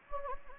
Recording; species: mosquito wingbeat signal from an infrared sensor; Anopheles gambiae